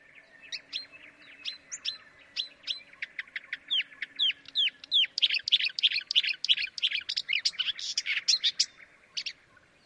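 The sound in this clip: Bird calls: sharp high chirps that quicken into a crowded burst of twittering notes, then thin out and fade near the end.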